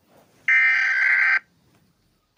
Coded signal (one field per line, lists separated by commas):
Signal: Emergency Alert System (SAME) tones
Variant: header bursts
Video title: America eas alarms